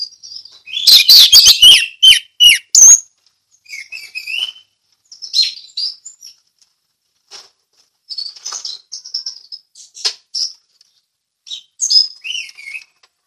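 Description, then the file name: Orange-headed thrush song beginning with a loud rapid burst of harsh notes, then scattered quieter whistles and short warbled phrases spaced throughout. Ngeplong song style. "anis merah ngeplong"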